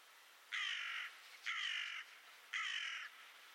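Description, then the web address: Bird calling: three harsh, flat, caw-like calls of about half a second each, roughly one per second, over a quiet background. "Bird Only"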